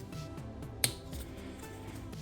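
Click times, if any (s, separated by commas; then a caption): 0.8 s. An Allen key loosens a stiff grip-panel screw in the frame of a Smith & Wesson Victory pistol. Over steady background music, the screw breaks free with a single sharp pop at 0.9 s, and the screw is released.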